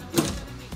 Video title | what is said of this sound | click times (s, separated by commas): iFootage Round Base Monopods ---- Perfect for Vloggers! | and then it will come off and to put it back in it just snaps into place | 0.2 s